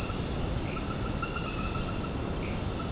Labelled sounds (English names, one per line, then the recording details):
none
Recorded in secondary vegetation near Puerto Asís, Putumayo, Colombia, on 9 March 2025 at 19:30
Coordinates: 0.481, -76.318
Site G097